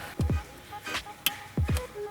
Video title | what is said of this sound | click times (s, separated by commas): AUXITO LED FOG LIGHTS FOR MY HYUNDAI SANTA FE - LED Lights DIY Install Tutorial - Unboxing & Review | you do this right you should hear it click into place like it did just now | 1.3 s